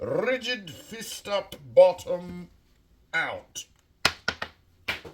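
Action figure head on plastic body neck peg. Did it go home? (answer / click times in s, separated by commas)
released / 4.1 s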